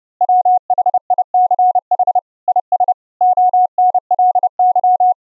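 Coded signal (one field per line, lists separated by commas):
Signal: Morse code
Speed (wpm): 30 wpm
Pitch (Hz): 730 Hz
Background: none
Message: WHICH IS ONLY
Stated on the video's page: Extreme narrow band CW keyed onto a 6 kHz VLF carrier at attowatt level by a Raspberry Pi 4 soundcard SDR transmitter, received on a laptop soundcard SDR over IP.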